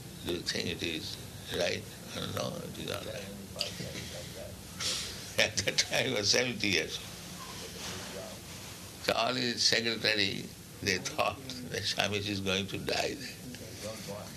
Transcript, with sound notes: Do you think it is right?" "No, it is all right." [laughs] At that time, I was seventy years old. So all the secretary, they thought that "Swāmījī is going to die there."